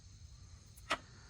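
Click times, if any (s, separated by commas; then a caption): 0.9 s. A small steel slide cover plate is pushed fully into its slot in a Glock pistol slide during slide reassembly. Against a low background hum, a faint tick comes at 0.8 seconds, then one sharp, bright click at 0.9 seconds as the plate seats home.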